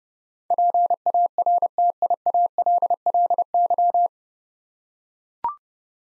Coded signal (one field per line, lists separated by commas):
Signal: Morse code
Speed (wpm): 30 wpm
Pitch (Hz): 700 Hz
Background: none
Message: PARTIALLY